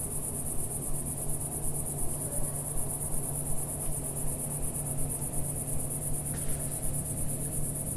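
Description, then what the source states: Cicada singing a continuous high, finely pulsed buzz that holds steady throughout, over low rumbling background noise. Single cicada singing in early evening warmth in a village garden with lavender and myrtle bushes, Picardy, northern France.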